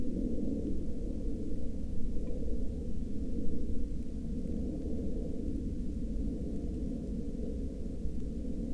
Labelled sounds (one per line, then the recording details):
aircraft
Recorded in the Arctic National Wildlife Refuge, Alaska, on 31 July 2019 at 01:52
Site 39